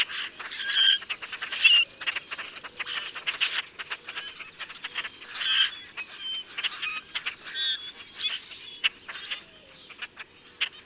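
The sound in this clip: Common grackle song: bursts of harsh squeaks and creaky notes, louder at first then scattered clicks and squeals, with faint low whistles between.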